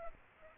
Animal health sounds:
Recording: mosquito wingbeat signal from an infrared sensor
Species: Aedes aegypti

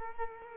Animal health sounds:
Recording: mosquito wingbeat signal from an infrared sensor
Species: Culex quinquefasciatus

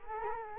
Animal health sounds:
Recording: mosquito wingbeat signal from an infrared sensor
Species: Culex quinquefasciatus

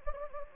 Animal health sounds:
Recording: mosquito wingbeat signal from an infrared sensor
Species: Anopheles gambiae

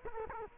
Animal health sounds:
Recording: mosquito wingbeat signal from an infrared sensor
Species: Culex quinquefasciatus

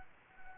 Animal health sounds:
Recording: mosquito wingbeat signal from an infrared sensor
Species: Anopheles gambiae

